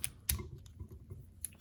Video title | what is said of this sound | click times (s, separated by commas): Beast Wars Spittor | And then this part up here is going to rotate up and just click into place. | 0.3 s